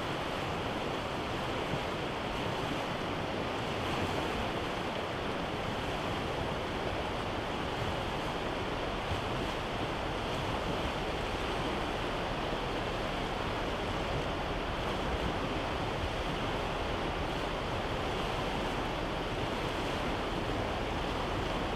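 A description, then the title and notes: The Hoh River rushes past in a steady, dense roar of moving water, loud. The sound stays level for the whole stretch, spread from a low rumble up to a bright hiss, with no separate splashes or other sounds standing out. We went to the Hoh Rainforest in the Olympic National Park. We camped by the Hoh River which is nearing full capacity at this time of the year. It is cold, deep, and turbulent. Recording miscellany: Sound Devices 702 mid/ pressure: MKH8020 side/ gradient: MKH30.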